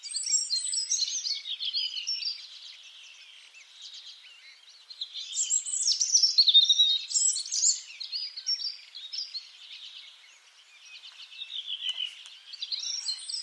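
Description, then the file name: European robin singing high, tinkling warbled phrases in bursts a few seconds long, separated by brief softer gaps, with slurred notes sliding up and down. "Erithacus rubecula"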